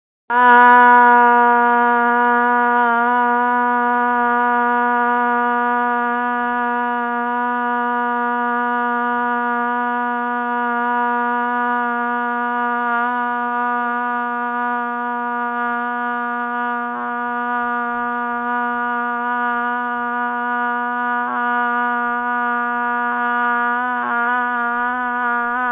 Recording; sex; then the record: sustained vowel /a/; female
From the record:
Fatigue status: fatigue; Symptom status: symptomatic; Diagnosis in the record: COVID-19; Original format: 3gp